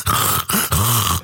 What's that sound when it sounds like a dog has emphysema? That's a reverse sneeze. It sounds like a pig snorting. It can be a sign of illness, but usually they're just clearing their nasal passages.